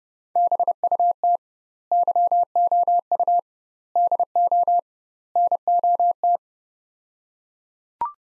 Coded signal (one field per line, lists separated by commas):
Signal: Morse code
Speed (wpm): 30 wpm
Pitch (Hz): 700 Hz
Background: none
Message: BUT YOU DO NOT